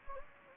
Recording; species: mosquito wingbeat signal from an infrared sensor; Anopheles gambiae